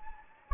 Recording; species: mosquito wingbeat signal from an infrared sensor; Anopheles gambiae